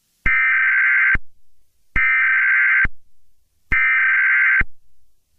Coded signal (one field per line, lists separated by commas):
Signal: Emergency Alert System (SAME) tones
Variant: header bursts